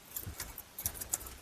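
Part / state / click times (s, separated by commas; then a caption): retaining clip on low pressure fuel line connector / not seated / none. A plastic retaining clip is handled and fitted over the low-pressure fuel line connector while replacing the high-pressure fuel pump on a GM 2.4 Ecotec engine in a Chevy Equinox or GMC Terrain. Light ticks and taps sound throughout, with sharper hits near 0.9 s and 1.1 s. Nothing has seated or clicked yet.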